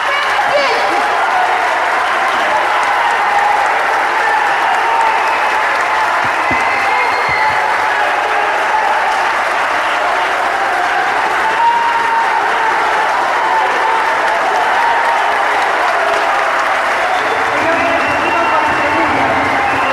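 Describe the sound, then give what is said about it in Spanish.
Sustained applause from a large crowd at a public hearing in Soca, an ovation at the end of a speech, a dense, steady wash of clapping that stays loud and even for the whole stretch without letting up. “levantando una ovación ahí al final de su intervención.”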